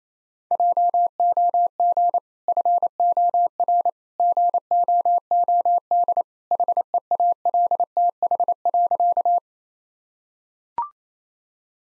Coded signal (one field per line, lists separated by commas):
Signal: Morse code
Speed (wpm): 28 wpm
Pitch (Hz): 700 Hz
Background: none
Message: JOG FOR GOOD HEALTH.